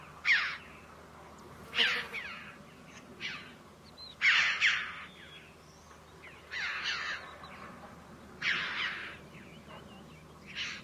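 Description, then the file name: Red-billed chough calling with loud, scratchy, downward-sliding notes, single or paired, spaced irregularly over about eleven seconds. "Canto do gralha de bico vermelho"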